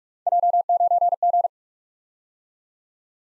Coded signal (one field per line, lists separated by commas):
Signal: Morse code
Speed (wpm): 44 wpm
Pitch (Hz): 700 Hz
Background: none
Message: J9G